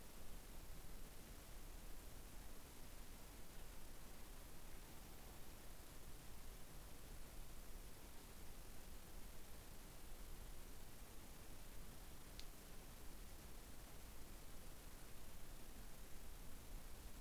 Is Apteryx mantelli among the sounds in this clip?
no